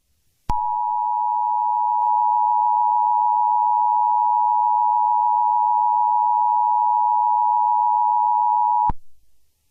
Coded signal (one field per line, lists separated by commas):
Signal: Emergency Alert System (SAME) tones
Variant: 853 and 960 Hz attention tone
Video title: EAS Mock - Chicago Superflood